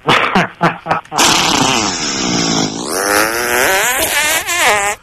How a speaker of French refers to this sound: Ah ouais, j'ai envie de te péter à la gueule. Comme ça. Ah, ou peut-être encore comme ça, là.